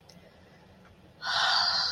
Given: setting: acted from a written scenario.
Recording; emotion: vocal sound without words; serenity